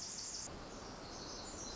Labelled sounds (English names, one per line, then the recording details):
Pacific Wren
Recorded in Sonoma County, California